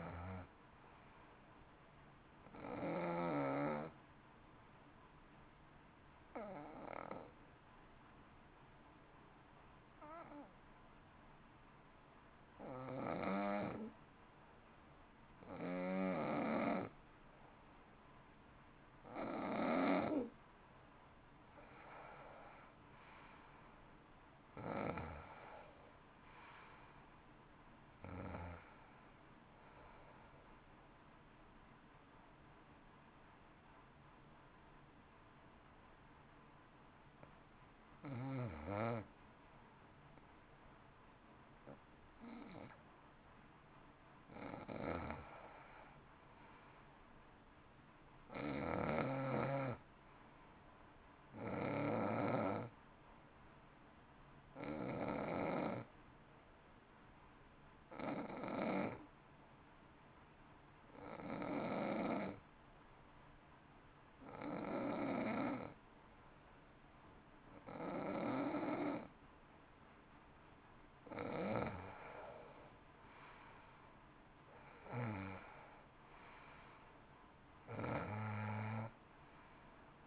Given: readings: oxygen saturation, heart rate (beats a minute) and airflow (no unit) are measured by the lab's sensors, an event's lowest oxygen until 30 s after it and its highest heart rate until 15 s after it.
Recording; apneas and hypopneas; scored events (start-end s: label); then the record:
breathing in sleep by a voice recorder at the bedside; 3
3.00-20.40 s: hypopnea (N2, oxygen 92% highest, then 85% lowest, heart rate 58 at the start, 60 highest)
32.00-46.20 s: hypopnea (N2, oxygen 91% highest, then 89% lowest, heart rate 59 at the start, 59 highest)
55.00-72.40 s: hypopnea (N2, oxygen 91% highest, then 87% lowest, heart rate 58 at the start, 62 highest)
From the record:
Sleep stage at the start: N2 (light sleep); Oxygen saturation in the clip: 85 to 92%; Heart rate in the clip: 55 to 62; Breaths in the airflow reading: 22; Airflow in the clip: -14.0 to 12.4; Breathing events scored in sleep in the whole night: 328 in 6.3 hours asleep